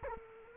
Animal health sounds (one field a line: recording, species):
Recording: mosquito wingbeat signal from an infrared sensor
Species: Culex quinquefasciatus